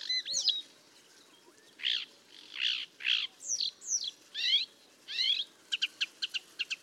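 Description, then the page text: Paddyfield warbler song in separate short phrases of rich, buzzy and slurred notes, ending in a quick run of sharp clicking ticks. "Patrick Franke - Индийская камышевка (Acrocephalus agricola)"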